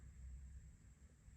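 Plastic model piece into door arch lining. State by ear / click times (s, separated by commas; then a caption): not seated / none. A small plastic model piece is pressed onto the door arch lining of a Star Wars Millennium Falcon model. Only a low, steady rumble and a faint high hiss are heard, with no sharp transient. Nothing has clicked yet, and the piece has not seated.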